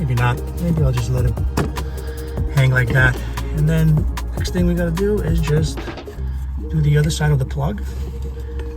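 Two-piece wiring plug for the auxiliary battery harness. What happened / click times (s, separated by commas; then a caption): The plug is handled but not yet joined; no seating snap / none. Someone talks over background music while handling the two-piece wiring plug for a Jeep auxiliary battery harness, preparing to join its halves. Nothing has seated or clicked yet.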